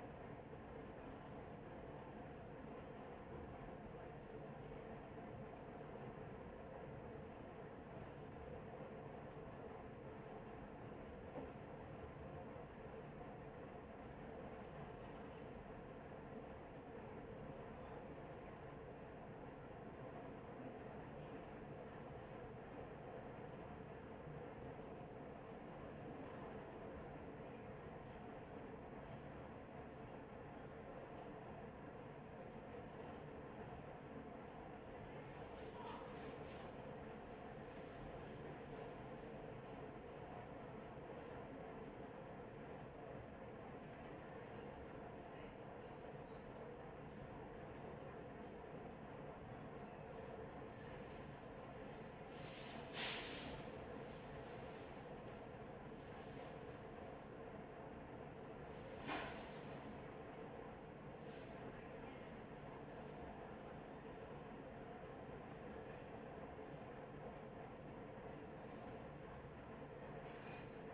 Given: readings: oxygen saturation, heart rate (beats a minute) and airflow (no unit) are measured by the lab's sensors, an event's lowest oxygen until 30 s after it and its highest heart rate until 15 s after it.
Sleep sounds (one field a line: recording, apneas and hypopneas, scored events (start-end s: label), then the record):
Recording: a person awake in a sleep study, by a smartphone at the bedside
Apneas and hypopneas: none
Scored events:
0.00-70.94 s: awake
0.00-70.94 s: awake
From the record:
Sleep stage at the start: awake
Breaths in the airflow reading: 23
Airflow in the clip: -0.7 to 0.6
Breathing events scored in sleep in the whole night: 263 in 5.5 hours asleep